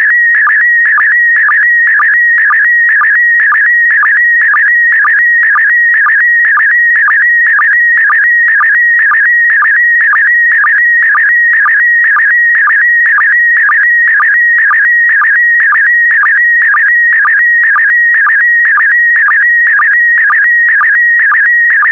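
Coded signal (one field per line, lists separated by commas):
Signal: SSTV (slow-scan television)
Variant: PD120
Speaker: Five, four, three, two, one. Thank you. Transmission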